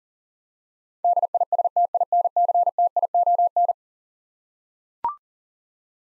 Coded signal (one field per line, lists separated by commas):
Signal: Morse code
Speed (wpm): 40 wpm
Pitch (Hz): 700 Hz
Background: none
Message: DISTINCTION